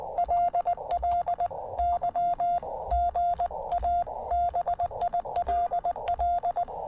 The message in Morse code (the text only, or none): LL Y GA BILL